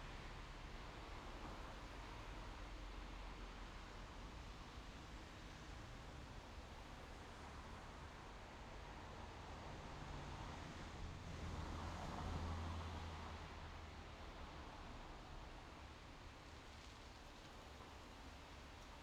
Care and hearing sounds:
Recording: everyday scene through a hearing-aid microphone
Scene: in traffic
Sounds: traffic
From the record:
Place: main road on the outskirts, rush hour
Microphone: in the ear canal, left

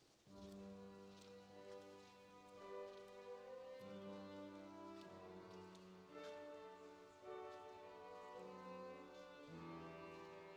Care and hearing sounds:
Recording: everyday scene through a hearing-aid microphone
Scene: reverberant space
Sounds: music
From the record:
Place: church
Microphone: in the ear canal, left

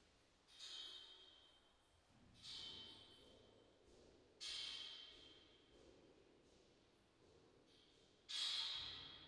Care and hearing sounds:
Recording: everyday scene through a hearing-aid microphone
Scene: reverberant space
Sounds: background noise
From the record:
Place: staircase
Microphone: in the ear canal, left

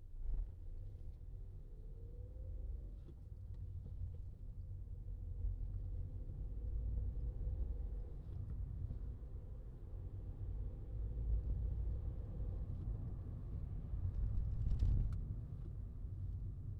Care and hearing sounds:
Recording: everyday scene through a hearing-aid microphone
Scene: in a vehicle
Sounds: engine, traffic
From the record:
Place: Skoda Fabia, gasoline engine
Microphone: in the ear canal, left

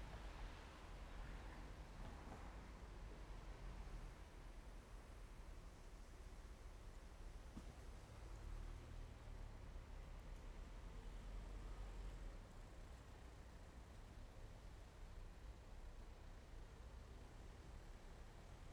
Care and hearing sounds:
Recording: everyday scene through a hearing-aid microphone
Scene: in traffic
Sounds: traffic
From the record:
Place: main road on the outskirts, rush hour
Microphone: behind the ear, left, rear

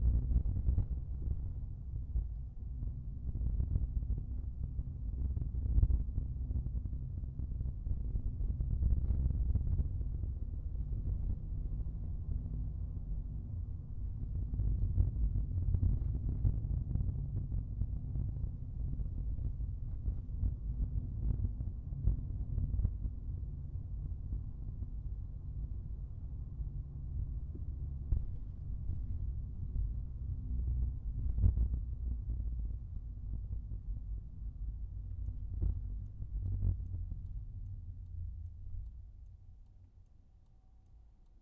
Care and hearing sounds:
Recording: everyday scene through a hearing-aid microphone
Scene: in a vehicle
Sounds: engine, rumble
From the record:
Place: Skoda Fabia, gasoline engine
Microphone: behind the ear, right, front

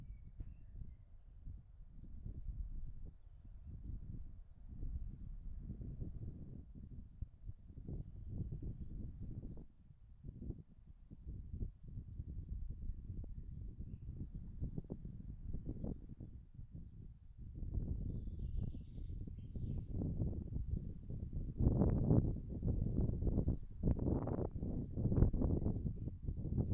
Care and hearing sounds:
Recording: everyday scene through a hearing-aid microphone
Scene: wind on the microphone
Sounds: wind, birds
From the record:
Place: in front of a rural house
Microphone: behind the ear, right, front

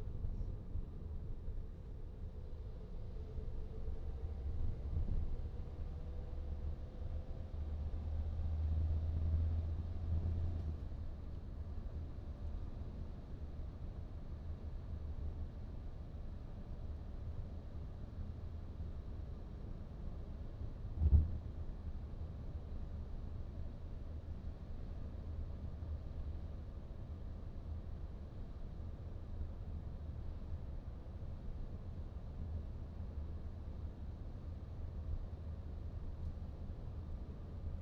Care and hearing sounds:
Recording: everyday scene through a hearing-aid microphone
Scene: in a vehicle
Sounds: engine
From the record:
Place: VW T5 Caravelle, diesel engine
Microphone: in the ear canal, right

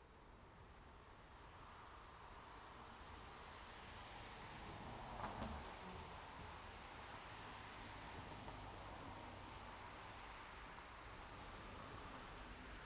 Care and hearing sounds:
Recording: everyday scene through a hearing-aid microphone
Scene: in traffic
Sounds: traffic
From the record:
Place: main road on the outskirts, rush hour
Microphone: in the ear canal, left

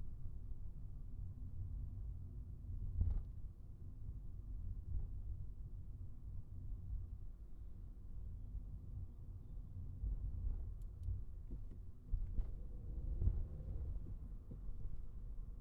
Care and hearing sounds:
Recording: everyday scene through a hearing-aid microphone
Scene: in a vehicle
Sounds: engine, highway traffic jam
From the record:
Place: Skoda Fabia, gasoline engine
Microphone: behind the ear, right, front

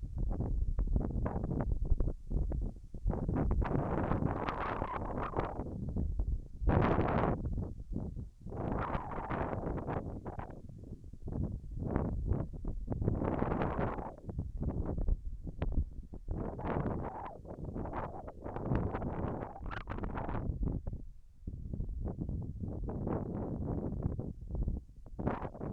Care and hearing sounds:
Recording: everyday scene through a hearing-aid microphone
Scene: wind on the microphone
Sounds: wind, whistling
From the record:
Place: in front of a rural house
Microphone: behind the ear, left, rear

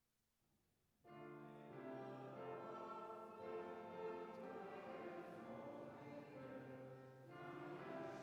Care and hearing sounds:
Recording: everyday scene through a hearing-aid microphone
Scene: reverberant space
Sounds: music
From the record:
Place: church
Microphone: behind the ear, right, rear

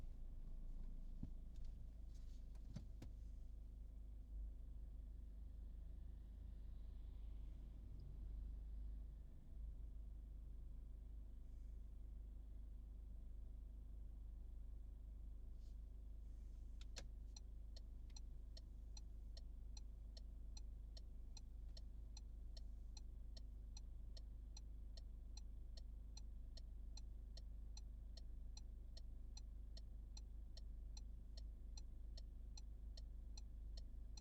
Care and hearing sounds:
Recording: everyday scene through a hearing-aid microphone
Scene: in a vehicle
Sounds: engine idling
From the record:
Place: Berlingo II, diesel engine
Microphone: in the ear canal, right

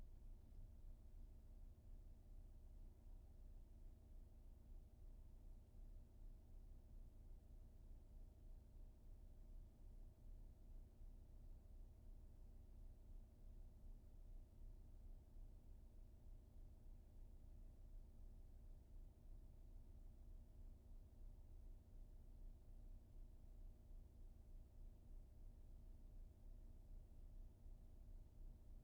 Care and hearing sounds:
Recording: everyday scene through a hearing-aid microphone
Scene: in a vehicle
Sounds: engine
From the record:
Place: VW T5 Caravelle, diesel engine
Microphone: behind the ear, right, rear

